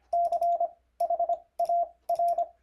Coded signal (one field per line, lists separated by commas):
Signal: Morse code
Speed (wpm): 25 wpm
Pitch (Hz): 690 Hz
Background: none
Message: CHAR